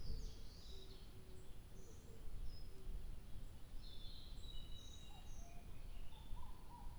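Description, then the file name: Bird song of lively high twittering phrases and a drawn-out whistle midway, with a few lower notes near the end and steady low rumble. 2 July 2023. "birdsong 20230702"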